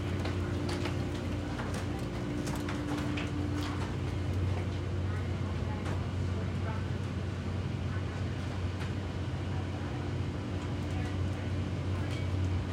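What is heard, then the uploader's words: A steady, dense rumble of aircraft machinery fills the scene while taxiing, with a constant low hum and faint tonal whine running throughout. Brief clicks and small knocks come and go, and indistinct voices murmur underneath at times. Fly with me to Las Vegas from Phoenix Sky Harbor International Airport. From the departure gate at Sky Harbor International Airport until I get seated on the plane and we are taxi’ing to the runway.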